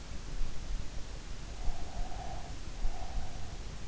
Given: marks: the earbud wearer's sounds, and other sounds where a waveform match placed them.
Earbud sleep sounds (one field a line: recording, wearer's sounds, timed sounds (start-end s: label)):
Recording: sounds in sleep by an in-ear microphone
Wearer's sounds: breath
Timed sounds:
1.78-3.85 s: breath